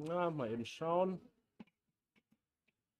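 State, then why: Seated. A beauty dish light modifier is twisted onto a studio flash bayonet mount. Someone talks, then after a short pause a faint tick is heard at 1.6 s as the bayonet catches, followed by a few softer ticks. The dish locks onto the mount and is seated.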